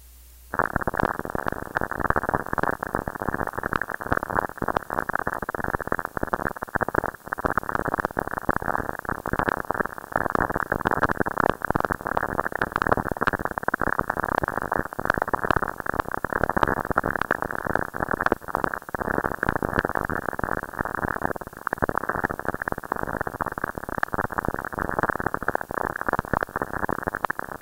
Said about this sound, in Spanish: estas emisiones de radio son una de las evidencias directas de la presencia de rayos en Saturno. El sonido que vamos a escuchar a continuación fueron capturados por la Cassini durante una tormenta en Saturno el 23 de enero de 2006.